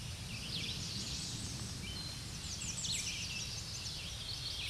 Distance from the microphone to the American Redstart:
about 60 m